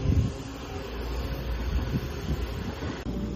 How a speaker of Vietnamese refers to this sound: Bây giờ thì đã ngưng mưa rồi, trời trong xanh mát mẻ rồi, hết mây mù và không nắng gắt. Bây giờ đang là mùa thu cho nên gió nhẹ nhẹ đây.